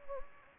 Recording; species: mosquito wingbeat signal from an infrared sensor; Anopheles gambiae